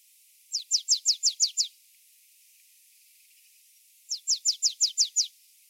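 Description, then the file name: Marsh tit calling in two rapid bursts of about seven thin, high, down-slurred notes, the bursts about three and a half seconds apart. "Poecile palustris"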